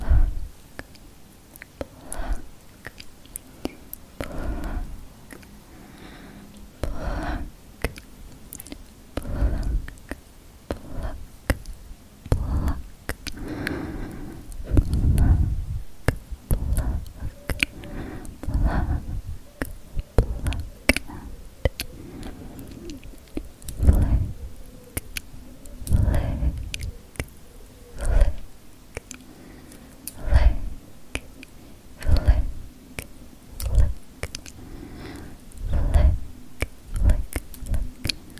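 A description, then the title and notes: Dry pinching and flicking sounds: short crisp clicks and taps scattered irregularly throughout, with soft low thumps and rustles every second or two. A faint steady hum sits underneath, and the bursts cluster more densely after fifteen seconds. ASMR PINCHING AND FLICKING.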